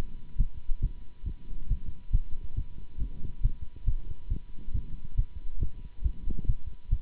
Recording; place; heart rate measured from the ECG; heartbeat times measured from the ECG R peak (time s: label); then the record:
heart sounds by stethoscope; between the tricuspid and mitral areas; 138 bpm
0.38 s: heartbeat
0.81 s: heartbeat
1.25 s: heartbeat
1.69 s: heartbeat
2.12 s: heartbeat
2.56 s: heartbeat
2.99 s: heartbeat
3.42 s: heartbeat
3.86 s: heartbeat
4.29 s: heartbeat
4.73 s: heartbeat
5.16 s: heartbeat
5.60 s: heartbeat
6.04 s: heartbeat
6.47 s: heartbeat
6.90 s: heartbeat
From the record:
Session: Bruce protocol treadmill stress test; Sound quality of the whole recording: good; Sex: male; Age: 24 years